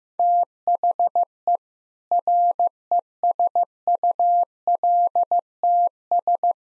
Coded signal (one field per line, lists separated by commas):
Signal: Morse code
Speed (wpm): 15 wpm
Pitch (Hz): 700 Hz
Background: none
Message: THE RESULTS